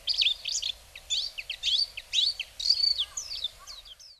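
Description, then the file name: Warbling white-eye song: a fast, high jumble of thin twittering and warbling notes in quick bursts, with a few lower soft notes beneath. Recorded in Hyogo, Japan, dated 07-03. "mejiro 0703 hyogo kaji"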